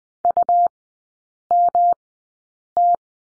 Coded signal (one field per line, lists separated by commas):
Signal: Morse code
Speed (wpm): 20 wpm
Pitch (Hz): 700 Hz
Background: none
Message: UMT